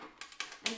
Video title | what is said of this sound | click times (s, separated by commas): Unboxing/Review of the Lifepro Vivid Vibration Platform | you hear it click into position so that you know you got it in there really good | 0.4 s, 0.7 s